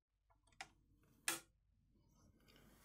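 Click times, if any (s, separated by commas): 0.6 s, 1.3 s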